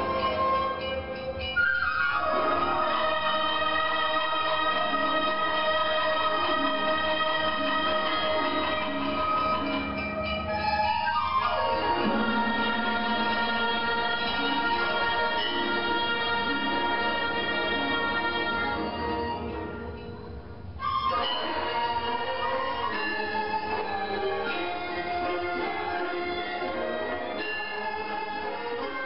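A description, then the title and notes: A traditional Naxi orchestra plays live in Lijiang, dense layered melodic lines held at a steady, full level. The music shifts to new phrases near 2, 12 and 21 seconds, with a brief softening just before the last change. The tone is warm and slightly muffled. The Naxi Ancient Music Orchestra performing live in Lijiang, China.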